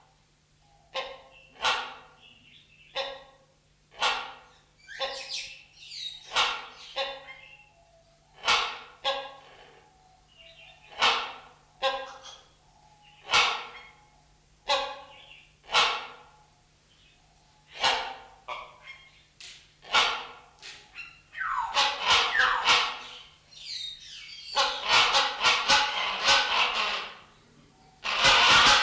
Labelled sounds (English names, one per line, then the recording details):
Great Hornbill
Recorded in captivity
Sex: pair
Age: adult
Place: Zoo Berlin, Berlin, DE
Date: 1994-01-15 12:05
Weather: wechselnd wolkig, +5°C
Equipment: Marantz CP 430, Sennheiser MKH 416 T, Kopie Uher Variocord 263
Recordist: Tembrock, Günter